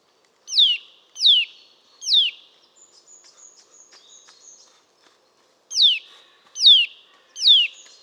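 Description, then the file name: Eurasian nuthatch giving descending whistled calls, three then a pause with soft high chattering notes, then three more calls. "Sitta europaea"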